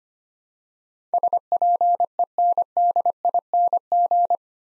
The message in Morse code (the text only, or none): SPENDING